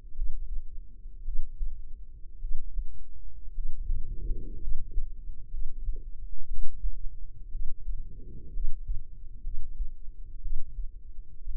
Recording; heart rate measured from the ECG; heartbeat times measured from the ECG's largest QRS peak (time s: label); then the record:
heart sounds by microphone in the left ear; 58 bpm
0.13 s: heartbeat
1.22 s: heartbeat
2.38 s: heartbeat
3.52 s: heartbeat
4.58 s: heartbeat
5.48 s: heartbeat
6.45 s: heartbeat
7.49 s: heartbeat
8.51 s: heartbeat
9.41 s: heartbeat
10.40 s: heartbeat
11.43 s: heartbeat
From the record:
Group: healthy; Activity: rest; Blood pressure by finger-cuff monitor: 119/67 mmHg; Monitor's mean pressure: 88 mmHg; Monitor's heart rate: 55 bpm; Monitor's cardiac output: 5.7 L/min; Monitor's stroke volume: 99 mL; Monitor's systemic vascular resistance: 910 dyn s/cm5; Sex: female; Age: 23 years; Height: 160 cm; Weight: 50.4 kg